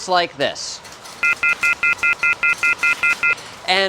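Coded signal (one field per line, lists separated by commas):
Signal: telephone call progress tone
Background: speech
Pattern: off-hook warning tone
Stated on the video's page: Off-hook tones from an electromechanical central office.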